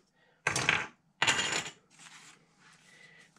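A plastic quick-release buckle camera mount is squeezed at its release tabs so it unclips and slides out of its base mount. Two sharp plastic clicks sound at 0.5 s and 1.2 s, each with a brief rattle, followed by softer handling noise. The buckle releases from the mount.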